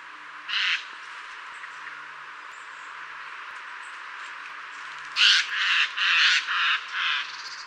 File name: Garrulus glandarius